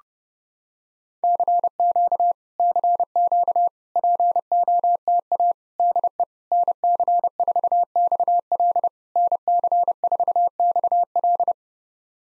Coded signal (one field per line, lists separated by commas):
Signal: Morse code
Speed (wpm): 30 wpm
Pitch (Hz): 700 Hz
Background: none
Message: CQ CQ POTA DE NC4XL NC4XL